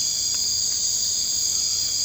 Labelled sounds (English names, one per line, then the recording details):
none
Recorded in dense forest near Puerto Asís, Putumayo, Colombia, on 24 March 2025 at 00:30
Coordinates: 0.485, -76.318
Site G056